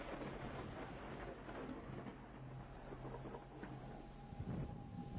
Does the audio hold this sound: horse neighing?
no